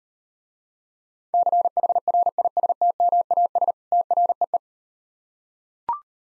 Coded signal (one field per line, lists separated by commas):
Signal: Morse code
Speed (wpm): 39 wpm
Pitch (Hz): 700 Hz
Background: none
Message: CHRISTMAS TREE